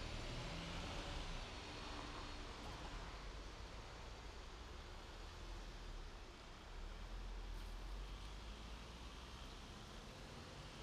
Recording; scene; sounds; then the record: everyday scene through a hearing-aid microphone; in traffic; traffic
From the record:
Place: main road on the outskirts, rush hour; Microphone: in the ear canal, right